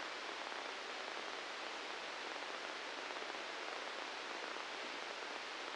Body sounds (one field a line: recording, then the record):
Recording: brain microelectrode recording played as sound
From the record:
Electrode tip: inside the subthalamic nucleus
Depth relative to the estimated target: 0 mm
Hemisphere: right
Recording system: NeuroSet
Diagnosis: Parkinson's disease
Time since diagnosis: 19 years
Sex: female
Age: 69 years